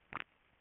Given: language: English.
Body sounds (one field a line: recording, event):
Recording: throat vibration sensor signal played as sound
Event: swallow